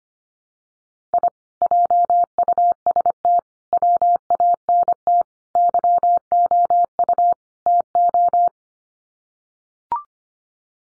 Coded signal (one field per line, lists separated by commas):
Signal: Morse code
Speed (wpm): 25 wpm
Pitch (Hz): 700 Hz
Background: none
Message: I JUST WANT YOU TO